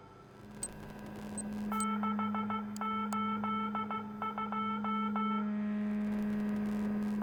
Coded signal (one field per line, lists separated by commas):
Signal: Morse code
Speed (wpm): 15 wpm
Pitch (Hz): 1320 Hz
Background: none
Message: 682